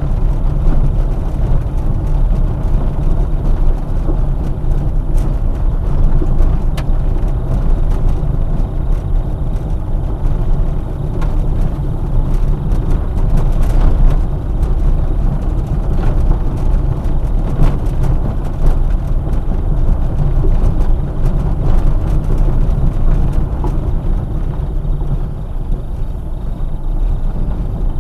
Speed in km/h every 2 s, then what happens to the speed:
21, 21, 22, 22, 20, 19, 22, 22, 21, 23, 23, 18, 15, 15.
0-20 steady at about 22. 20-23 slows to 15.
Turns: 21-28.